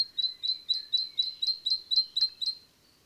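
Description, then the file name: Great tit calling, a steady run of about ten high, clipped notes at an even pace that stop shortly before the end. "Parus major"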